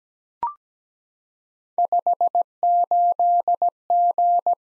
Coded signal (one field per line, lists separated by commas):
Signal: Morse code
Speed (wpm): 17 wpm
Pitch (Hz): 700 Hz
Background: none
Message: 58G